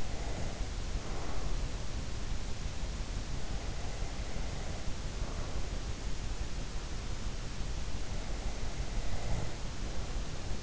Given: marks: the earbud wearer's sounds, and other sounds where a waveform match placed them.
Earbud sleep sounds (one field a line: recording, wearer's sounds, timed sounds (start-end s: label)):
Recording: sounds in sleep by an in-ear microphone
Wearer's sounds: breath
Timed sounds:
0.00-1.55 s: breath
3.48-5.61 s: breath
8.92-10.63 s: breath